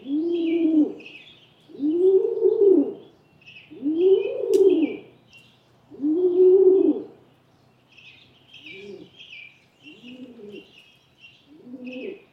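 Rock pigeon giving low, rounded coos about every two seconds, four loud ones followed by softer, shorter ones, while other birds chirp constantly in the background.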